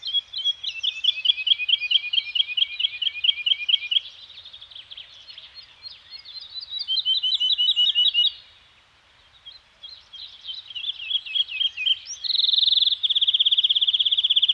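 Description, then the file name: Bird song with a fast rattling trill of repeated notes, a brief lull, two shorter trills, then a sustained buzzy high note to finish. Birds singing in a Scandinavian forest. "Nature Soundscape - Scandinavian Forest Environment with Birds Singing"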